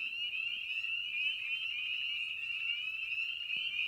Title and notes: frog pond. evening. Spring Peeper (Pseudacris crucifer). by Ian Carlsen